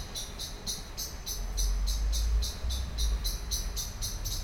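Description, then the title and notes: Common blackbird scolding with steady, fast repeated harsh high notes while deep traffic-like rumble swells in the background. Excited scolding while flying from tree to tree; Lütticher Straße, Cologne; morning; cyclists and pedestrians on the pavement in background; nearfield recording. "cologne, lütticherstrasse, amsel. amsel aufgeregt schimpfend fliegt von baum zu baum, im hintergrund fahrradfahrer und fussgänger auf dem bürgersteig, morgens. soundmap nrw"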